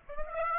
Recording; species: mosquito wingbeat signal from an infrared sensor; Aedes aegypti